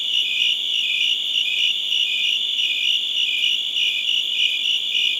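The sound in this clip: Dense cricket chirping, shrill pulsed trills layered into a steady background chorus.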